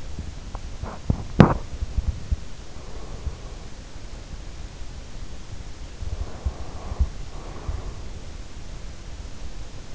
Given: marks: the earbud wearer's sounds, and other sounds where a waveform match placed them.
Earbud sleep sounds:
sounds in sleep by an in-ear microphone; teeth grinding, breath
0.00-1.87 s: teeth grinding
2.35-3.78 s: breath
5.98-8.43 s: breath

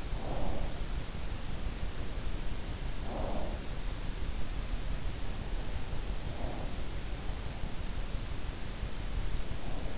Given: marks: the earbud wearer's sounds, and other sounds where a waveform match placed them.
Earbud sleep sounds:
sounds in sleep by an in-ear microphone; breath
0.00-0.74 s: breath
3.00-3.55 s: breath

